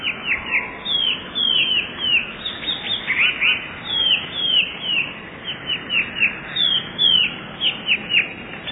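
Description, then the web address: Eurasian blue tit song: quick, bright chirps sliding downward, repeated in a busy stream throughout. "wroblowe teka spiew. wroblowe teka modraszkoteka"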